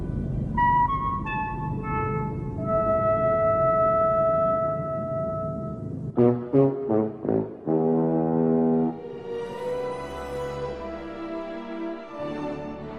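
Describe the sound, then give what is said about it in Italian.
The five-note alien contact signal from Steven Spielberg's 1977 film Close Encounters of the Third Kind rings out in steady, horn-like tones. It gives way to a burst of quick staccato blasts and a loud, swelling sustained chord, with no voices. “Se è tutto pronto qui al comando base segreta, suonate i 5 toni.”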